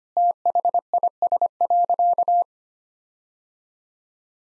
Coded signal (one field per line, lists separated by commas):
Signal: Morse code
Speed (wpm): 25 wpm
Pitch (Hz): 700 Hz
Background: none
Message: THIS.